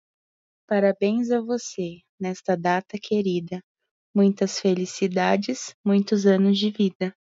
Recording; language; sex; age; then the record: short text; Brazilian Portuguese; female; 30 to 39 years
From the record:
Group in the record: control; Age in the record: 31 years